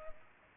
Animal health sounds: mosquito wingbeat signal from an infrared sensor; Culex pipiens

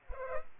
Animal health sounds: mosquito wingbeat signal from an infrared sensor; Culex pipiens

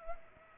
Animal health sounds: mosquito wingbeat signal from an infrared sensor; Culex pipiens

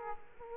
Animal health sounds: mosquito wingbeat signal from an infrared sensor; Aedes aegypti

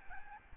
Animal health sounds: mosquito wingbeat signal from an infrared sensor; Aedes albopictus

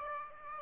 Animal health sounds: mosquito wingbeat signal from an infrared sensor; Aedes aegypti

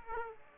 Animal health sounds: mosquito wingbeat signal from an infrared sensor; Aedes aegypti

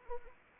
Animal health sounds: mosquito wingbeat signal from an infrared sensor; Anopheles arabiensis

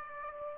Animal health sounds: mosquito wingbeat signal from an infrared sensor; Aedes aegypti

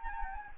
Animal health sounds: mosquito wingbeat signal from an infrared sensor; Anopheles gambiae

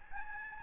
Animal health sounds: mosquito wingbeat signal from an infrared sensor; Aedes albopictus

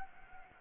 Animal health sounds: mosquito wingbeat signal from an infrared sensor; Anopheles gambiae

